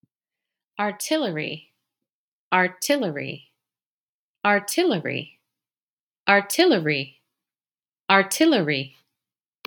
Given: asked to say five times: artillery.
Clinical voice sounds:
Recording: repeated word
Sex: female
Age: 40 to 49 years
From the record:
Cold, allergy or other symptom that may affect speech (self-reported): no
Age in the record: 42 years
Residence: Virginia, United States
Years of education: 18

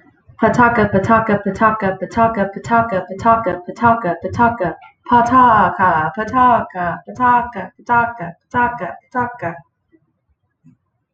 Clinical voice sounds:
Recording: repeated syllables /pa ta ka/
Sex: female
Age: 30 to 39 years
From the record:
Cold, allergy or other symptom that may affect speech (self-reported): no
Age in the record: 30 years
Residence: Oklahoma, United States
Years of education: 13

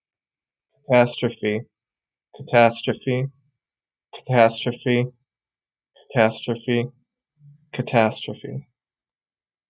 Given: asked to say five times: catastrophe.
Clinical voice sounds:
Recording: repeated word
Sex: male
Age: 30 to 39 years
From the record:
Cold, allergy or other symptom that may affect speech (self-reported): no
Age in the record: 36 years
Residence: Minnesota, United States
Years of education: 14

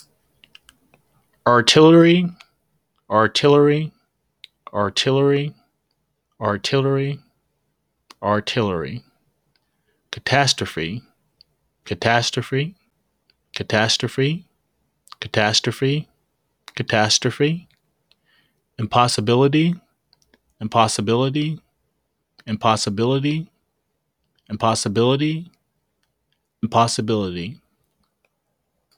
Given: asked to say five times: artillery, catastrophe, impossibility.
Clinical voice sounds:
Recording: three words, each repeated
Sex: male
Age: 40 to 49 years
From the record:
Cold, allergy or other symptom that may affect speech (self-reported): no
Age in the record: 42 years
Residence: Alabama, United States

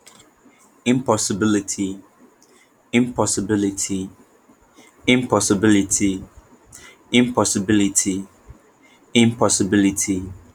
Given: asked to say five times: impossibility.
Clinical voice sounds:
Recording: repeated word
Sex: male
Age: 20 to 29 years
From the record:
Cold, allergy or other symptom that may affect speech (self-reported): no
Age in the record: 25 years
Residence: California, United States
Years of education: 16

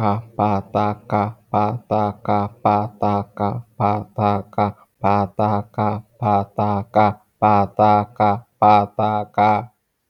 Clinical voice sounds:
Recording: repeated syllables /pa ta ka/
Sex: male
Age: 40 to 49 years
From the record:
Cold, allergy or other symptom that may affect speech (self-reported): no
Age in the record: 45 years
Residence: California, United States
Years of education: 20

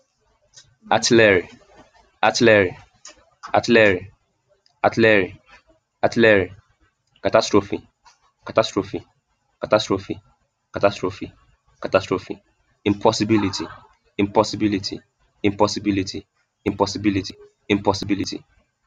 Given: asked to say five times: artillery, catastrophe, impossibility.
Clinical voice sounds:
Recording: three words, each repeated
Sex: male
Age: 20 to 29 years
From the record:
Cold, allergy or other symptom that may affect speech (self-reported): yes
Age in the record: 25 years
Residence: New York, United States

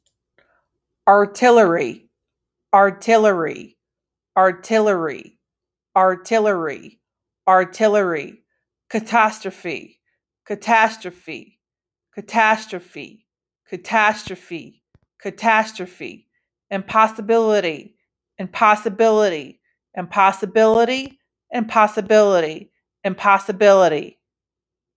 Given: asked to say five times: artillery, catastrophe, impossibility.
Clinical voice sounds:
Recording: three words, each repeated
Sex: female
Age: 40 to 49 years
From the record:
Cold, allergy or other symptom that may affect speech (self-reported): no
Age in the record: 40 years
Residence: North Carolina, United States

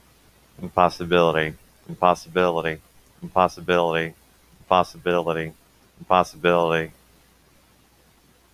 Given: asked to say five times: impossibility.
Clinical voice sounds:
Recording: repeated word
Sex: male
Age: 20 to 29 years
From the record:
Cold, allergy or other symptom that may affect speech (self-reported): no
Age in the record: 28 years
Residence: Florida, United States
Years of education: 15

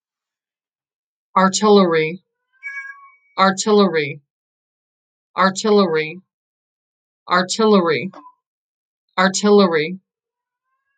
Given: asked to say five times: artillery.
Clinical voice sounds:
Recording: repeated word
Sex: female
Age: 30 to 39 years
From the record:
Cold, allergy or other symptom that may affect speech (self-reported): no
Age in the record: 37 years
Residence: Wisconsin, United States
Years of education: 14

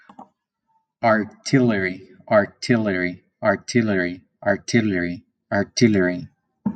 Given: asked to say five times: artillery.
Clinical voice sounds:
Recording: repeated word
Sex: male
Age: 40 to 49 years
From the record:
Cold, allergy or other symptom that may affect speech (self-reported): no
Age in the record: 42 years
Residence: California, United States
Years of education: 17

